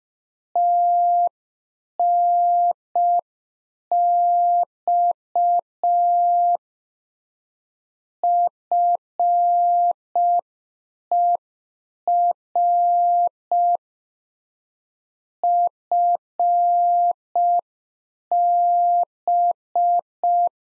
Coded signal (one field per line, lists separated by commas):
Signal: Morse code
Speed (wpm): 5 wpm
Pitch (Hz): 700 Hz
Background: none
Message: TNX FER FB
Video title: Practice QSO - Exchange 4- Ending - 5wpm